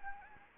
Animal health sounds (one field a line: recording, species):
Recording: mosquito wingbeat signal from an infrared sensor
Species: Anopheles gambiae